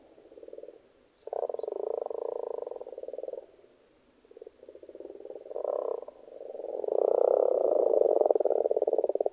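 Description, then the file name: Frogs croaking in bursts of rapid pulses, pausing briefly then building to a loud, sustained rattling chorus. Frogs in a pond. "benboncan frogs-in-a-pond"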